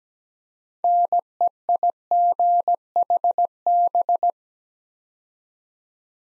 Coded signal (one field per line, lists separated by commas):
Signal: Morse code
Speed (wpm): 17 wpm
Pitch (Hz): 700 Hz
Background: none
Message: NEIGHB